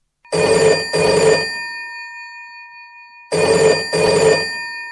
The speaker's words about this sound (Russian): И в это время затрещал телефонный аппарат.